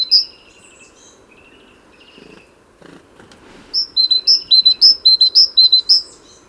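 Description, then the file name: Great tit calling: after a loud opening note and a few softer, lower notes, bright high two-note phrases alternate quickly and evenly, repeated several times through the last three seconds; faint low background rumble. "Parus major"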